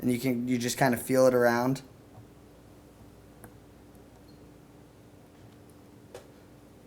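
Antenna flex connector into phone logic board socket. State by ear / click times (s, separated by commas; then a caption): not seated / none. Someone talks briefly while the antenna flex connector of an iPhone 4 (AT&T / GSM) is handled and pressed gently toward its socket on the phone's logic board. After the talking stops, faint handling ticks sound at about 3.4, 5.7 and 6.2 seconds over a quiet background. Nothing has seated or clicked into place yet.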